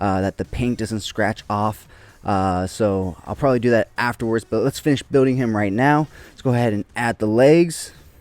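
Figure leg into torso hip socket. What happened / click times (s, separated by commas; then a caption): Only talk is heard; no seating click occurs yet / none. Someone talks while handling the plastic leg of a McFarlane Toys King Shark build-a-figure, about to push it into the torso's hip socket. Only speech is heard, with no snap, and the leg has not seated or clicked into the hip joint yet.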